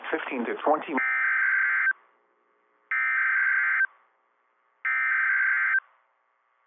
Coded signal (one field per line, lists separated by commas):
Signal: Emergency Alert System (SAME) tones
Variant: header bursts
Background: speech